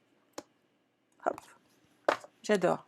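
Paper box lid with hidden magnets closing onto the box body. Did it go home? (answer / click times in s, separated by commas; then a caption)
yes / 0.4 s. The lid of a handmade paper Christmas box closes onto the box body and is pulled shut by magnets hidden inside, making a single short, sharp click at 0.4 s. The lid is seated and the box is shut, and afterward someone talks.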